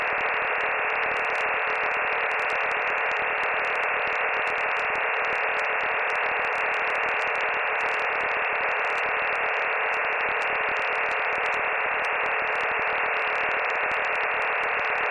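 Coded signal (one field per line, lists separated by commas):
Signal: digital SSTV (DRM)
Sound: steady wideband rushing hiss, band-limited, unchanging for the whole fifteen seconds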